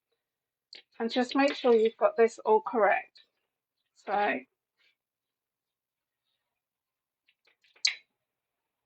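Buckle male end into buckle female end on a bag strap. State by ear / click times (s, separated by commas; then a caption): seated / 7.9 s. Someone talks, then after a pause the male end of a plastic side-release buckle on a bum bag strap is pushed into the female end to check its orientation before stitching. A few faint small clicks lead into one sharp, loud click at 7.9 s as the buckle clicks into place and is seated.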